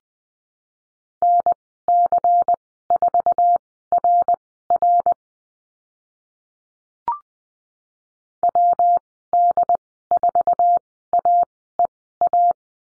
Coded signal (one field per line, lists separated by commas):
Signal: Morse code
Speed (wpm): 20 wpm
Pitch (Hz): 700 Hz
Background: none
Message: NC4RR WD4AEA